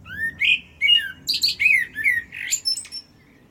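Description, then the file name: Common blackbird song: low mellow whistled phrases around the start, then higher squeaky twittering notes, all in about three seconds over quiet background. "Turdus merula"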